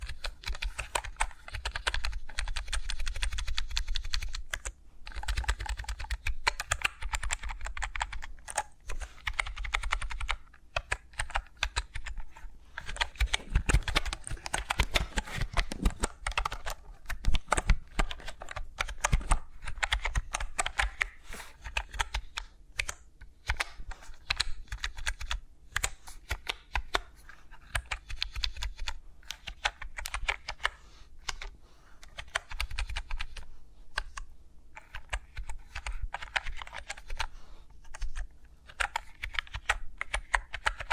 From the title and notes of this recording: ASMR with Mics Around My Fingers (No Talking).